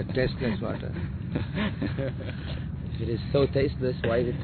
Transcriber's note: laughter